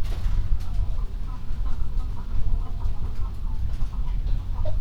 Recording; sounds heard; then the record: poultry house recording; healthy chickens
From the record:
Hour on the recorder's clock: 21